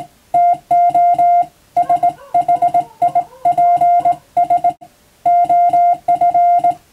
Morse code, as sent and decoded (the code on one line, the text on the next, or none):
- --- / ... .... .. .--. ... / --- ..-.
TO SHIPS OF